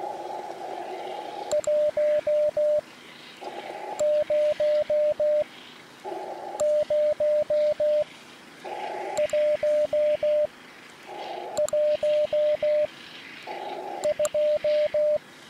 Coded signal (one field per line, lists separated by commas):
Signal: Morse code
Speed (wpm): 17 wpm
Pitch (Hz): 600 Hz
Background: radio noise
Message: 100112